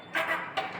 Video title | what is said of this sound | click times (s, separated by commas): VID 20250430 172659598 | You can see it unlocks. | 0.6 s